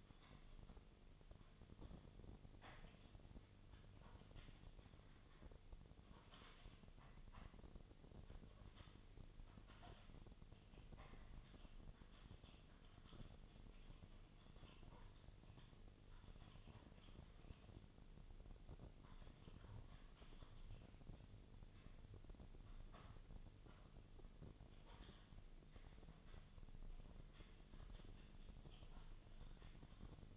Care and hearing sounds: daily activity, microphone in the room; typing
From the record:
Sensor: 4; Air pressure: 1010.3 hPa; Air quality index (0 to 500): 179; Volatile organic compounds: 5 ppm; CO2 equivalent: 1818 ppm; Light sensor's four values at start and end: 32/95/37/37 and 32/95/37/37

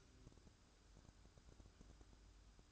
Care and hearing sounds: daily activity, microphone in the room; light on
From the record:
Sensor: 2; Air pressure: 1007.7 hPa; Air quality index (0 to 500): 78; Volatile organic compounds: 1 ppm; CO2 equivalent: 644 ppm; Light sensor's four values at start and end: 8/20/8/9 and 13/36/15/14

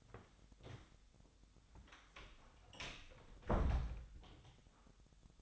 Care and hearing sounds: daily activity, microphone in the room; close door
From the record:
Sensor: 3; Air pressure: 1007.1 hPa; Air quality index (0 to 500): 203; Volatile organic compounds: 18 ppm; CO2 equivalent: 2603 ppm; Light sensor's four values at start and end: 12/27/11/11 and 12/27/11/11

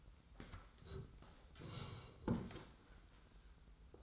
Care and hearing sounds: daily activity, microphone in the room; sit down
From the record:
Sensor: 3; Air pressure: 990.5 hPa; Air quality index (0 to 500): 171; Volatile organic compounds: 1000 ppm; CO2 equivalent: 5558 ppm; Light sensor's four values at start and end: 41/96/39/37 and 41/96/39/38

